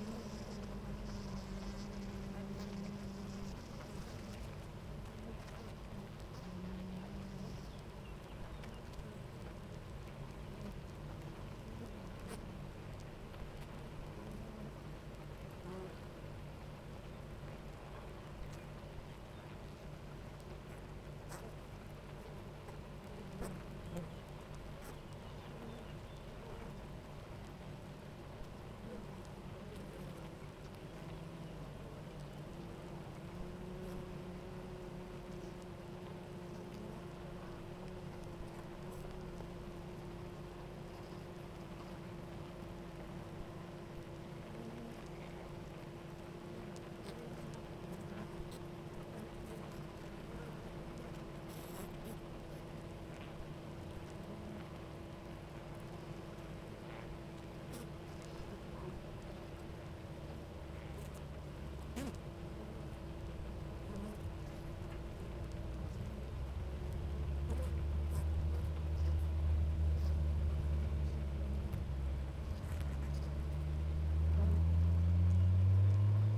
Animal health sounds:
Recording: honeybee colony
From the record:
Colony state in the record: active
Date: 28 July 2017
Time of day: 9:53

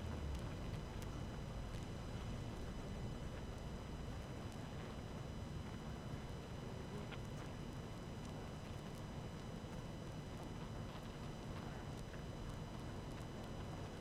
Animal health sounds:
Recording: honeybee colony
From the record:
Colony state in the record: active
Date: 12 June 2018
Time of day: 18:33

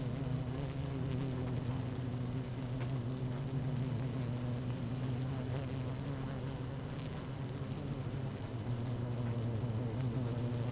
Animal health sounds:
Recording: honeybee colony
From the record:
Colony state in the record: active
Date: 12 June 2018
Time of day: 17:04

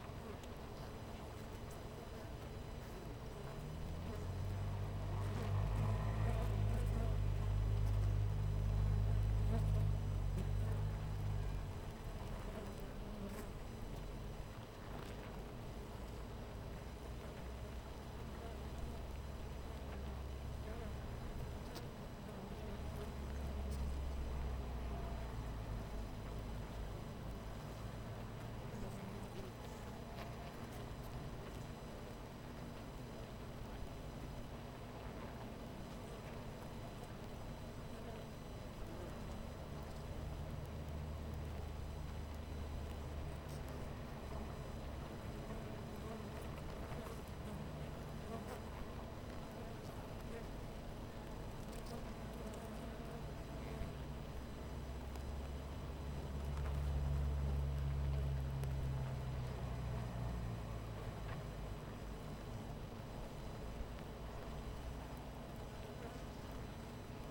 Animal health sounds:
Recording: honeybee colony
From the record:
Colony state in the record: missing queen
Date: 14 July 2017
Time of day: 12:58

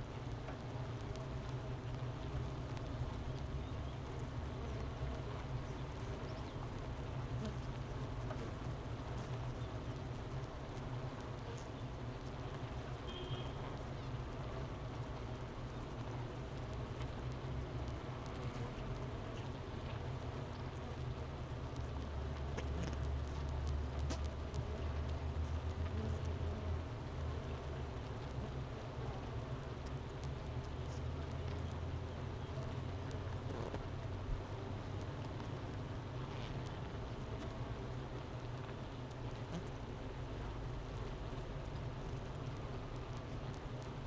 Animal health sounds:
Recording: honeybee colony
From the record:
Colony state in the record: missing queen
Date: 31 May 2018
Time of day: 10:29

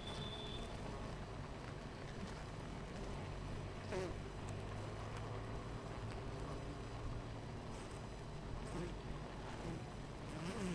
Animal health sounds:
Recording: honeybee colony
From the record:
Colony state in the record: missing queen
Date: 14 July 2017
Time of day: 9:40

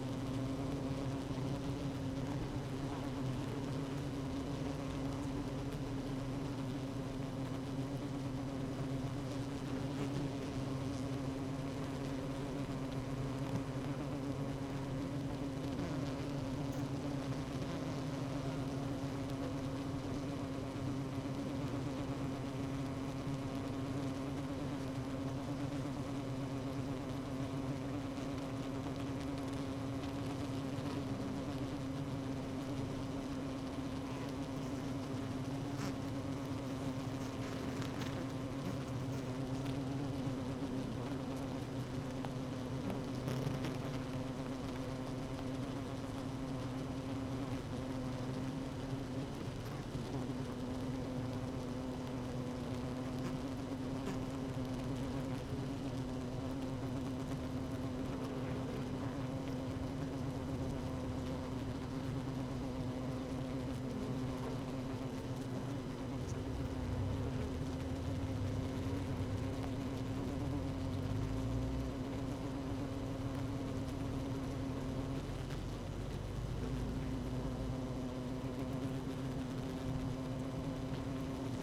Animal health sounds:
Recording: honeybee colony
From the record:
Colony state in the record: active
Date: 12 June 2018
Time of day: 16:40

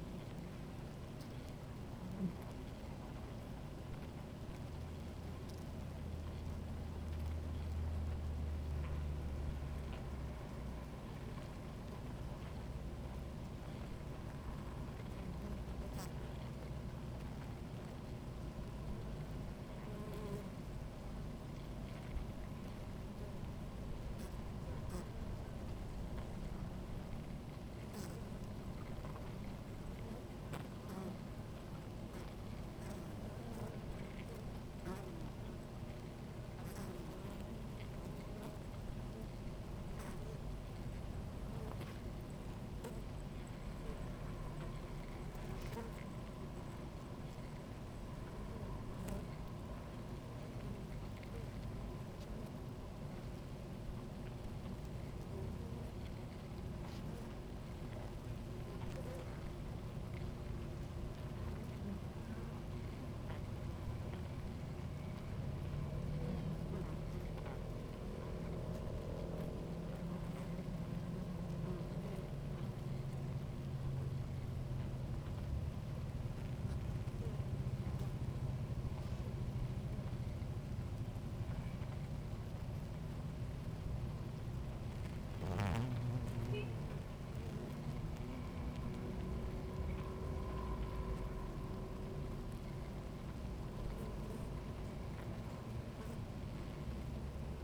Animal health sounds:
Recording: honeybee colony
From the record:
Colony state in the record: active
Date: 28 July 2017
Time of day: 17:00

